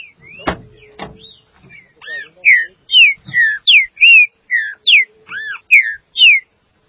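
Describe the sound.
Green-winged saltator song, loud clear whistled slurs repeated about twice a second, after a couple of sharp knocks at the start.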